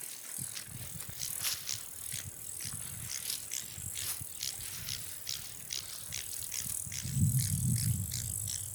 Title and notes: Khustain National Park. 16.08.30. Khustain Nuruu National Park. some of the 385 species of insects can be heard in this clip. It sounds like a fair representation of the ten species of bush cricket and 29 of grasshopper